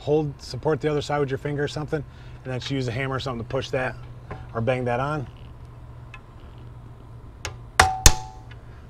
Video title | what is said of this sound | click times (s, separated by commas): How To Replace An RV Awning Gas Strut. | Like that, you'll hear it seat. | 7.8 s, 8.1 s